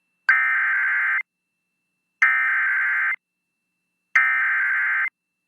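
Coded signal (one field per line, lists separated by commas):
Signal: Emergency Alert System (SAME) tones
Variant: header bursts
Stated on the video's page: Received via an FM broadcast station.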